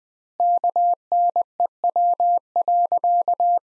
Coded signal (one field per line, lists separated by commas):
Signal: Morse code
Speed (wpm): 20 wpm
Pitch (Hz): 700 Hz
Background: none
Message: KNEW.